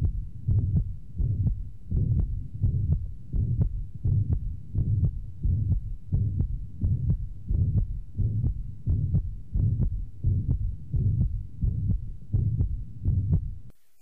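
Regular heartbeat near 86 a minute heard at the lower left sternal border, with a distinct first heart sound, a murmur filling systole, and a clear second sound: mitral regurgitation in an adult.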